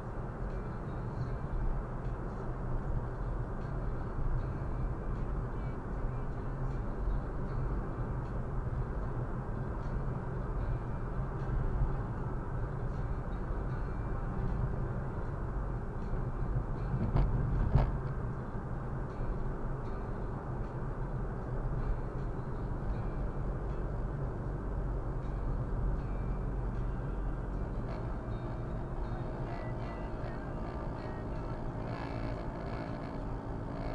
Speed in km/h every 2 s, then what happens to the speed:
61, 61, 64, 66, 68, 69, 71, 72, 71, 68, 67, 62, 59, 57, 53, 52, 52.
0-15 speeds up to 72. 15-27 slows to 53. 27-34 steady at about 52.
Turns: none.